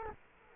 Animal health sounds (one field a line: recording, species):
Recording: mosquito wingbeat signal from an infrared sensor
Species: Culex quinquefasciatus